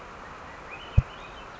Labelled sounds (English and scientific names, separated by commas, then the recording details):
Swainson's Thrush (Catharus ustulatus)
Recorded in Sonoma County, California